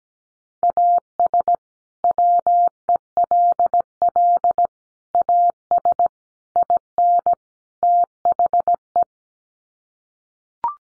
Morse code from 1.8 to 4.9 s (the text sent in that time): WELL